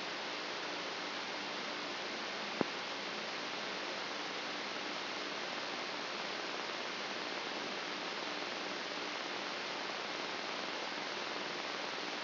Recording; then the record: brain microelectrode recording played as sound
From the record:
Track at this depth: inside the subthalamic nucleus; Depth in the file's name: 2.235 mm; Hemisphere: left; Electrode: 3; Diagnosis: Parkinson's disease